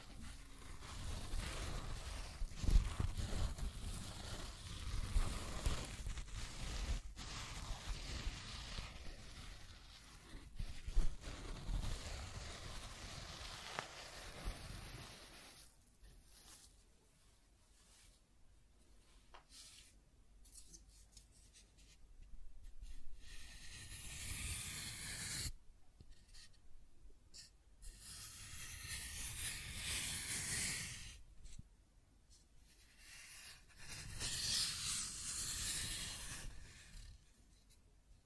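Scratching and tracing sounds, dense and rough through the first fifteen seconds with a low rumble and sharp clicks. After that the strokes come in separate hissy bursts of a few seconds each, bright and airy, with quiet gaps between them.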